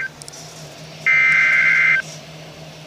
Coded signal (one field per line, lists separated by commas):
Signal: Emergency Alert System (SAME) tones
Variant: header bursts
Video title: severe thunderstorm warning (eas 23)